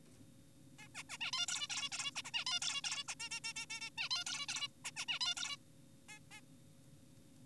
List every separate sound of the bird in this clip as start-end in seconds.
0.79-0.88, 0.95-1.03, 1.10-1.18, 1.21-1.32, 1.33-1.46, 1.48-1.68, 1.70-1.89, 1.92-2.11, 2.16-2.22, 2.25-2.31, 2.34-2.45, 2.47-2.60, 2.62-2.81, 2.84-3.04, 3.08-3.15, 3.20-3.29, 3.31-3.40, 3.44-3.53, 3.56-3.66, 3.70-3.80, 3.81-3.90, 3.98-4.09, 4.11-4.24, 4.26-4.46, 4.49-4.68, 4.85-4.91, 4.96-5.06, 5.08-5.19, 5.21-5.34, 5.37-5.57, 6.09-6.19, 6.31-6.41